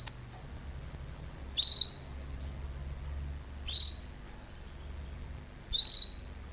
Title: Canary Training Esquente Seu Filhote E Canario Belga Em 30 Minutos Macho Cantando Muito